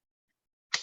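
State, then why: Seated. A detachable power source unit is fitted onto the body of a cordless hand mixer. After near silence with a faint brief tone around 0.3 s, a single sharp click lands at 0.7 s and decays quickly. The power pack is confirmed seated in the hand mixer.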